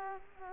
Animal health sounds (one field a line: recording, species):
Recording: mosquito wingbeat signal from an infrared sensor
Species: Culex quinquefasciatus